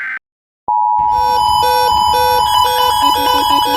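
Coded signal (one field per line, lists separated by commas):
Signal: Emergency Alert System (SAME) tones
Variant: 853 and 960 Hz attention tone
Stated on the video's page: Mock alert with valid tones: Hazardous Materials Warning and Civil Danger Warning set in Los Angeles.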